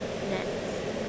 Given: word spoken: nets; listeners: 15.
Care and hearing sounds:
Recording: one English word in noise, from a listening test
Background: speech-shaped noise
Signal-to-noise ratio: -6.0 dB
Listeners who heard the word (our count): 3 of 15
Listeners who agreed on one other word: 9 of 15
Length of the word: 0.69 s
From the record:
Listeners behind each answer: 9, 3, 1, 1, 1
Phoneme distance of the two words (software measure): 7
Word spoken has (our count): 1 syllable, 4 phonemes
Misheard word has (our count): 1 syllable, 3 phonemes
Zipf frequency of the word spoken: 3.71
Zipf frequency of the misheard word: 4.53

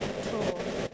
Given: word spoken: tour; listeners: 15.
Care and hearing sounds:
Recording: one English word in noise, from a listening test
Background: noise modulated by three-talker babble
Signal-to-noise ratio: -4.0 dB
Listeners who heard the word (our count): 3 of 15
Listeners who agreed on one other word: 6 of 15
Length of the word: 0.54 s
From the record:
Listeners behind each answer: 6, 4, 3, 1, 1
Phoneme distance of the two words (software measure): 7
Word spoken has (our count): 1 syllable, 2 phonemes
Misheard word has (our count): 1 syllable, 3 phonemes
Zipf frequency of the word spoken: 4.76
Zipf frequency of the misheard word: 4.51

